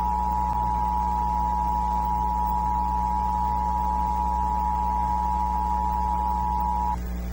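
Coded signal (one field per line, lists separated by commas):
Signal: Emergency Alert System (SAME) tones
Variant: 853 and 960 Hz attention tone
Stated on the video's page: Required monthly test relayed by a Chicago TV broadcaster, 2003, older Illinois script.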